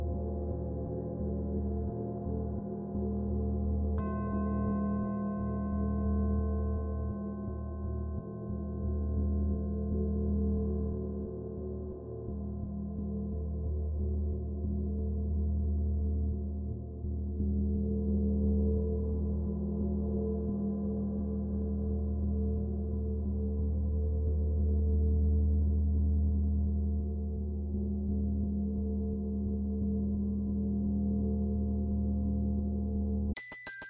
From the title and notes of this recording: Gong Singing Bowl Healing.